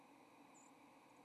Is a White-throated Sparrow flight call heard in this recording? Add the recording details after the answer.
yes. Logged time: 07:57 on 30 October 2014